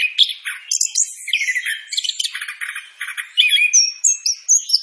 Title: Anis Kembang Gacor Istimewa Suara Dahsyat Nafas Panjang